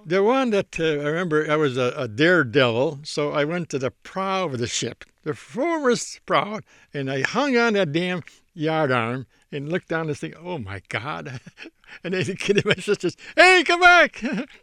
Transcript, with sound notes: The one that I remember, I was a daredevil so I went to the prow of the ship, the foremost prow, and I hung on that damned yardarm and looked down this thing. Oh, my God, (he laughs) and I was kidding my sisters. "Hey, come back!"